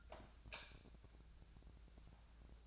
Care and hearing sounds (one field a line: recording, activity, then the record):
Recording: daily activity, microphone in the room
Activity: light off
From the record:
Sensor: 2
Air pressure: 999.9 hPa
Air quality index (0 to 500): 117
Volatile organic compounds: 2 ppm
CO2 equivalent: 1009 ppm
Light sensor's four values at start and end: 27/74/30/33 and 22/57/24/27